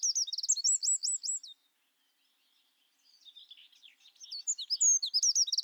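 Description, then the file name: Eurasian wren song: a rapid run of shrill repeated hooked notes, a silent gap, then softer twittering that swells back into fast high phrases. "Troglodytes troglodytes"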